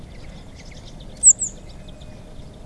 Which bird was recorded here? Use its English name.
Eurasian Blue Tit